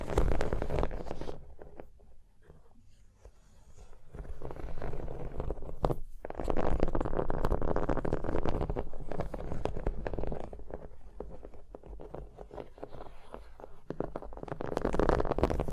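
Fingers scratch and trace across a surface in a dense, rustling texture, heaviest in the low and middle range. The sound eases and thins between about two and four seconds, breaks off briefly near six, then returns fuller and steady to the end.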